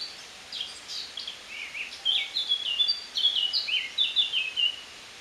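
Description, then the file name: Eurasian blackcap song, a rich, fast warble of varied whistled and chattering notes in several bursts, with a steady background hiss. "Sylvia atricapilla"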